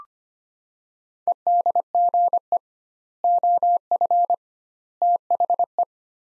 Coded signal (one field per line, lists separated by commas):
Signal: Morse code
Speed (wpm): 25 wpm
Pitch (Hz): 700 Hz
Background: none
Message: EDGE OF THE